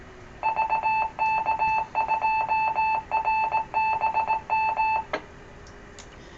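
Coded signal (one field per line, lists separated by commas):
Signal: Morse code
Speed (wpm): 18 wpm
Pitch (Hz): 880 Hz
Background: none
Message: VK2RBM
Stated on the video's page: Amateur 2 m net, captured live.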